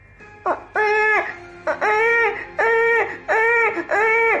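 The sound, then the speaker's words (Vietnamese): A newborn baby cries in five rhythmic, wavering wails, each rising and falling in pitch with short gasping pauses between, loud and clear with no talking. “Tiếng là hét của cậu chợt yếu dần đi, thay vào đó là một chuỗi âm thanh diệu kỳ mà hắn ta đã chờ đợi gần cả một năm nay.”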